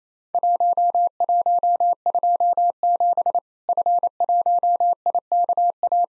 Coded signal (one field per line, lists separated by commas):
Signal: Morse code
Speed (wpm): 27 wpm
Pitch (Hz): 700 Hz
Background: none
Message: 1127 F1IKA